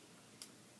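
A luer port on intraosseous infusion tubing is twisted until it clicks tight, which makes sure the tubing is tight so that fluid does not leak when it is pressurized. A short, sharp high-pitched click sounds at 0.4 s above a quiet, steady background. The port is seated and the tubing is confirmed good.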